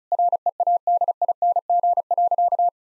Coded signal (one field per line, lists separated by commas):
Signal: Morse code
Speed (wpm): 34 wpm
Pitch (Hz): 700 Hz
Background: none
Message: READING.